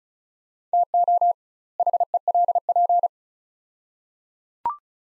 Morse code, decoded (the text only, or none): TO HELP